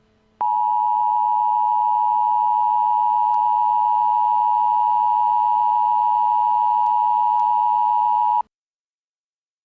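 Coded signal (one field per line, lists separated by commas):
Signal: Emergency Alert System (SAME) tones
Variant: 853 and 960 Hz attention tone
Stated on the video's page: Fictional EAS scenario made for a roleplay.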